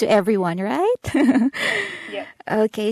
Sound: lightly laughs